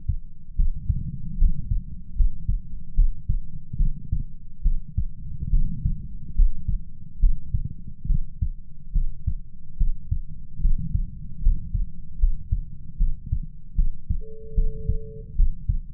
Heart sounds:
heart sounds by stethoscope; 73 bpm
0.55 s: heartbeat
1.37 s: heartbeat
2.14 s: heartbeat
2.93 s: heartbeat
3.76 s: heartbeat
4.61 s: heartbeat
5.49 s: heartbeat
6.34 s: heartbeat
7.18 s: heartbeat
8.06 s: heartbeat
8.92 s: heartbeat
9.76 s: heartbeat
10.60 s: heartbeat
11.41 s: heartbeat
12.17 s: heartbeat
12.96 s: heartbeat
13.74 s: heartbeat
14.54 s: heartbeat
15.34 s: heartbeat
From the record:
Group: healthy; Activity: rest 0-14 s, Valsalva maneuver 14-16 s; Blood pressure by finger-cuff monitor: 94/53 mmHg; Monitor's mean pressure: 68 mmHg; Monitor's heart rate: 71 bpm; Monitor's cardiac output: 6.5 L/min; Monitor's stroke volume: 90 mL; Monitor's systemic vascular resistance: 740 dyn s/cm5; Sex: female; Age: 26 years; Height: 165 cm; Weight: 55 kg

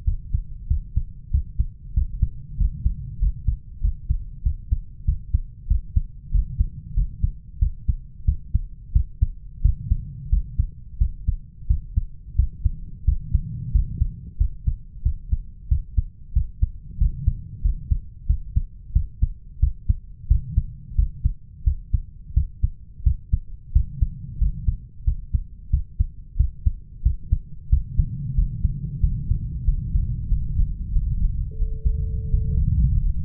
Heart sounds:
heart sounds by stethoscope; 91 bpm
0.06 s: heartbeat
0.69 s: heartbeat
1.33 s: heartbeat
1.96 s: heartbeat
2.59 s: heartbeat
3.21 s: heartbeat
3.83 s: heartbeat
4.45 s: heartbeat
5.07 s: heartbeat
5.70 s: heartbeat
6.33 s: heartbeat
6.96 s: heartbeat
7.61 s: heartbeat
8.27 s: heartbeat
8.95 s: heartbeat
9.64 s: heartbeat
10.32 s: heartbeat
11.00 s: heartbeat
11.69 s: heartbeat
12.38 s: heartbeat
13.07 s: heartbeat
13.74 s: heartbeat
14.40 s: heartbeat
15.05 s: heartbeat
15.70 s: heartbeat
16.35 s: heartbeat
17.00 s: heartbeat
17.64 s: heartbeat
18.29 s: heartbeat
18.95 s: heartbeat
19.62 s: heartbeat
20.30 s: heartbeat
20.98 s: heartbeat
21.66 s: heartbeat
22.36 s: heartbeat
23.05 s: heartbeat
23.75 s: heartbeat
24.40 s: heartbeat
25.06 s: heartbeat
25.72 s: heartbeat
26.39 s: heartbeat
27.05 s: heartbeat
27.71 s: heartbeat
28.37 s: heartbeat
29.02 s: heartbeat
29.67 s: heartbeat
30.30 s: heartbeat
30.93 s: heartbeat
31.59 s: heartbeat
32.31 s: heartbeat
33.01 s: heartbeat
From the record:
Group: healthy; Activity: rest 0-30 s, breath hold 30-33 s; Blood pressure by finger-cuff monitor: 137/85 mmHg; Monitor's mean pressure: 101 mmHg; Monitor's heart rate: 91 bpm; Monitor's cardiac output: 7.5 L/min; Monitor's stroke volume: 82 mL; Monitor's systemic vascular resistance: 1010 dyn s/cm5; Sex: male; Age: 21 years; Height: 175 cm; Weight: 72.6 kg

